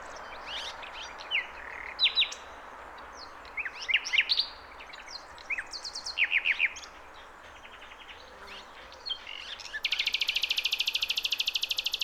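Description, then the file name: Common nightingale song with varied short phrases of fast repeated notes, ending in a long, rapid, even series of high notes, over steady background hiss. "Luscinia megarhynchos"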